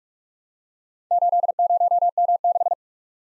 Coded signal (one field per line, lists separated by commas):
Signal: Morse code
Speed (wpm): 46 wpm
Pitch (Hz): 700 Hz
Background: none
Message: 80M6